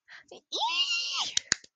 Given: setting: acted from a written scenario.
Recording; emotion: vocal sound without words; elation